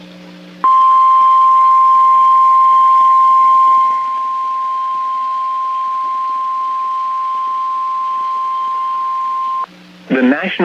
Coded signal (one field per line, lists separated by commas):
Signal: Emergency Alert System (SAME) tones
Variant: 1050 Hz attention tone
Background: speech